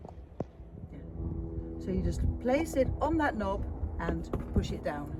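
A plastic side impact protection block for an Avionaut Pixel Pro 2.0 C infant carrier car seat, installed on the IQ 2.0 C ISOfix base, is lined up with the knob on the side of the seat shell and pushed down. It clicks into place at 0.4 s and is seated. Someone talks over the rest of the clip.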